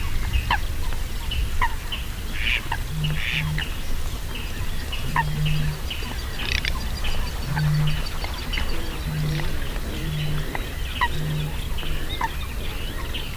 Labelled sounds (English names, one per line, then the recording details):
Garganey call
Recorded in the wild
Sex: male
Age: adult
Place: Kützerhof, Kummerower See, Mecklenburg-Vorpommern, DE
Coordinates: 53.8411, 12.875
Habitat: wetland
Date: 2008-05-13 21:55
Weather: fair, 10°C, weak winds
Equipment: Sound Devices 702, Sennheiser MKH 70, Windkorb
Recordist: Frommolt, Karl-Heinz